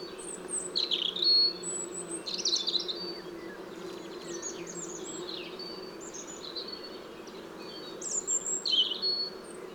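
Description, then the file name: European robin song: short high, sweet, jumbled phrases of fast notes scattered throughout, with a constant low background hum. "Erithacus rubecula"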